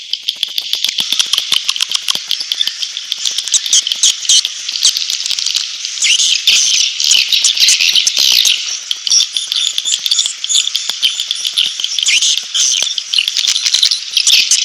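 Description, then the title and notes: Swiftlets giving high twittering chirps mixed with sharp clicks in a dense overlapping chorus. Swiftlet farming sound from Asia. "Swiflet Bird Sound. Farming Swiflet Bird asia sound"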